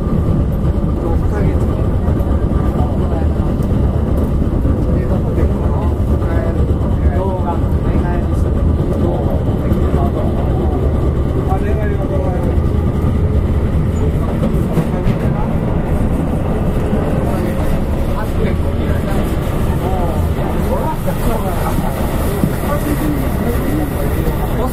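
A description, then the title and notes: Running noise recorded aboard a Keihan 5000 series train on the main line: a thick, steady low rumble with constant mid-range rattle throughout. Faint voices surface now and then, and a brighter hiss rises toward the end. 京阪5000系 準急 京橋から枚方市まで. 京阪電気鉄道5000系電車の走行音です。 京阪本線の準急列車で録音しました。 It is running noise of the Keihan Electric Railway 5000 series train. I recorded on a semi express train on the Keihan main line.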